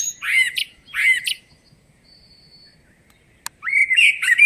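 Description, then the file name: Common blackbird song: short mellow warbled notes with squeaky high overtones, a brief click, then a longer fluty phrase. "Turdus merula"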